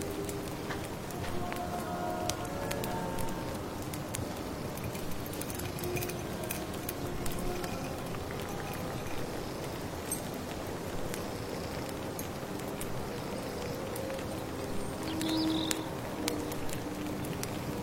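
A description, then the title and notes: Steady rustling rain fills the scene with a dense patter, joined by crackling firewood clicks, soft stirring tones, and occasional faint bird chirps. Come to the mysterious late autumn forest, stir your magic amulet soup, accompanied by birdsong, firewood, rustling rain.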